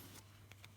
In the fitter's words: kind of expensive good solid click there and